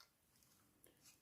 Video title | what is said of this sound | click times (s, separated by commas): Restauration Joustra Filoguidée Porsche 911 RS et Turbo Partie 1 | libye qu'ils carrera rs qui vient se clipser comme ça voilà | 0.8 s